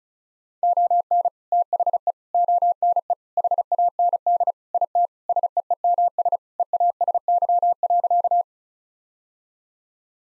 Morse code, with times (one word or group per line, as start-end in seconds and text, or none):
0.6-1.3 ON
1.5-2.1 THE
2.3-3.1 ONE
3.4-4.5 HAND
4.7-5.1 IT
5.3-6.4 SEEMS
6.6-8.4 EASY.